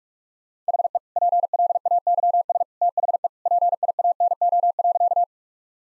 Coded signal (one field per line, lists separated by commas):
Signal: Morse code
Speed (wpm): 41 wpm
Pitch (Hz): 700 Hz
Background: none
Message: HE PLAYS THE PIANO.